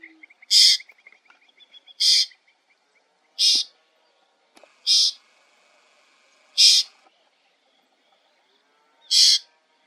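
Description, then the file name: White-banded mockingbird giving harsh, noisy rasping calls, six in all, spaced about one and a half to two and a half seconds apart, with faint soft chatter near the start. "CALANDRIA TRES COLAS"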